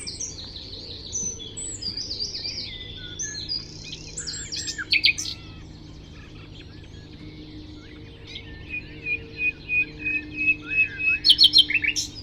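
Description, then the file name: Common nightingale song: varied high chirped phrases early on, a quieter stretch, then a series of loud repeated notes growing louder toward the end, over low background noise. "Luscinia megarhynchos"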